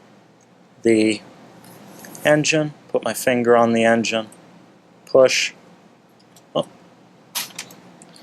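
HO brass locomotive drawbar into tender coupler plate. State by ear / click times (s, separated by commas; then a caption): seated / 7.6 s. Someone talks while the drawbar of an HO brass Precision Scale Company New Haven L-1a 2-10-2 "Santa Fe" type model locomotive is slid under the lifted coupler plate of the tender and pushed in with a finger on the engine. At 7.6 s it snaps into place with a sharp click, followed by a few faint ticks, and the locomotive is seated on the tender and ready to run.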